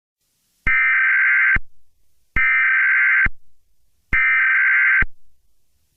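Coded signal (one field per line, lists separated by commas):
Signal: Emergency Alert System (SAME) tones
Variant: header bursts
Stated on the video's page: Fictional EAS scenario.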